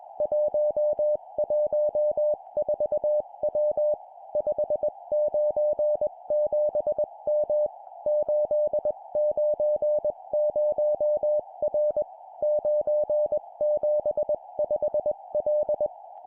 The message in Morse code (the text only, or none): 114W 597M 890R 975L